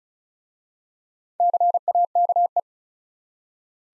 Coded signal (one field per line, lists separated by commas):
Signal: Morse code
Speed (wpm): 36 wpm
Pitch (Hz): 700 Hz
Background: none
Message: CAKE